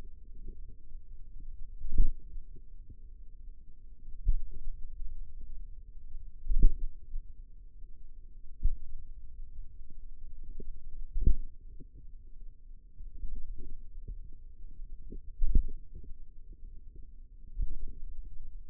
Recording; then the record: forearm muscle sounds (acoustic myography)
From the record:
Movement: finger pinch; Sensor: system 2, bracelet of six BSWA MPA416 microphones around the upper forearm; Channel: 3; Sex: female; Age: 22 years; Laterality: right